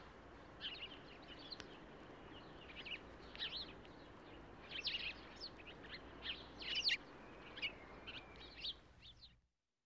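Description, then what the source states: Sparrow chirping: short, bright chirps in loose irregular bursts over a steady low background hiss. One sparrow chirping.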